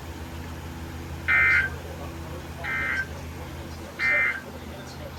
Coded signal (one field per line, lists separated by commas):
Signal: Emergency Alert System (SAME) tones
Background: speech